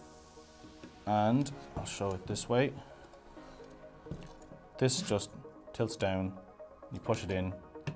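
Someone talks while handling a heat sink and fan assembly for a P360 Ultra mini PC chassis, tilting it down and pushing it in so its plastic clips can latch. Soft handling noises sit under the talk and faint music, with a few tiny, quiet transients near the end. Nothing has seated or clicked yet.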